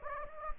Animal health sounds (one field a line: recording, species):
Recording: mosquito wingbeat signal from an infrared sensor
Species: Anopheles gambiae